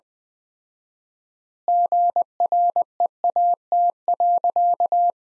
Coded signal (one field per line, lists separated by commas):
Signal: Morse code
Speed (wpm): 20 wpm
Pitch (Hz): 700 Hz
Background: none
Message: GREAT.